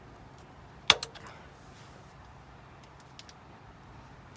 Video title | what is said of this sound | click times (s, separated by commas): Fixing the Stiff Gear Change on my ST150 | yeah that feels like it clicked in right | 0.9 s